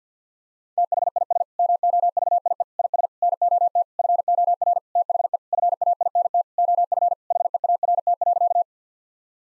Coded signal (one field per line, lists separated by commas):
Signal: Morse code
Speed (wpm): 50 wpm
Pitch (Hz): 700 Hz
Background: none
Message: THIS MOVIE IS NOT FOR THE FAINT OF HEART.